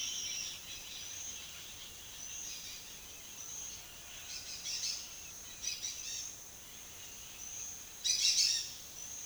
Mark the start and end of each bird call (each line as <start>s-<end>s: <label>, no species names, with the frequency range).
0.00s-5.08s: bird call (0.5-7.5 kHz)
5.55s-6.32s: bird call (1.6-7.8 kHz)
8.04s-8.70s: bird call (1.5-11.5 kHz)